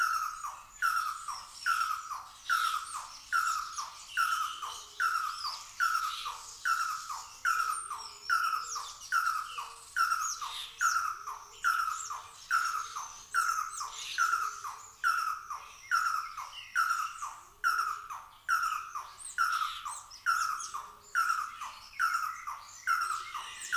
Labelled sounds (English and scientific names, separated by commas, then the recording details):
Red-and-yellow Barbet (Trachyphonus erythrocephalus) call
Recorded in captivity
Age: adult
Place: Zoo Berlin, Berlin, DE
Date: 2002-10-22 12:20
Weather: overcast, 13°C
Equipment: Nagra SN, Kopie Uher 4000 Report Monitor
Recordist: Tembrock, Günter
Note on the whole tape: Lange Rufreihe (Entfernung 1 m)